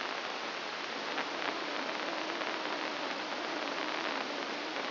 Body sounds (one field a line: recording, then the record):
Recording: brain microelectrode recording played as sound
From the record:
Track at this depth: inside the subthalamic nucleus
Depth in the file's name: 3.102 mm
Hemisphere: left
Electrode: 2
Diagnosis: Parkinson's disease